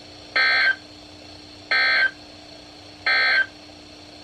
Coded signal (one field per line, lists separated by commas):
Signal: Emergency Alert System (SAME) tones